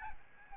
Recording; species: mosquito wingbeat signal from an infrared sensor; Aedes albopictus